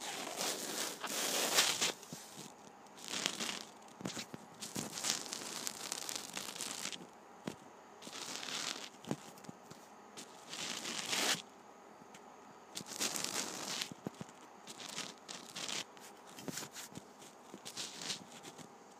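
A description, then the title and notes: Rubbing on a penny ridge: bursts of bright, scratchy friction come in uneven strokes every second or so, some sharp and crackly, with brief gaps between. The sound is dry, with a faint low hum underneath. ASMR Penny Ridge Rubbing.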